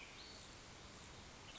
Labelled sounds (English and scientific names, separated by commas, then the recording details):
Western Tanager (Piranga ludoviciana)
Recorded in Sonoma County, California